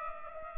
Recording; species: mosquito wingbeat signal from an infrared sensor; Culex pipiens